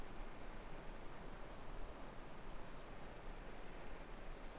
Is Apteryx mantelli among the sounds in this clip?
no